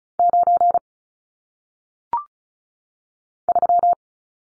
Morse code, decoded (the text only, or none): 9 3